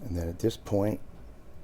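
Someone talks while pushing a polymer base plate onto a Glock pistol magazine body, with the retaining pin held down. Only speech is heard over faint background hiss. The base plate has not seated or snapped into place yet.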